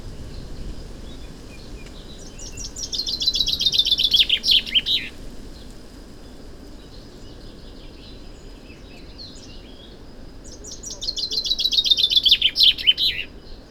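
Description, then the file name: Common chaffinch delivers two rapid falling cascades of clear notes, each finishing with a sharp flourish, roughly eight seconds apart against low steady background noise. "Fringilla coelebs"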